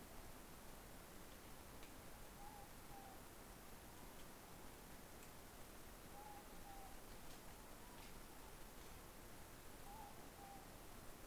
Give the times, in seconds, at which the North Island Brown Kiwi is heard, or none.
none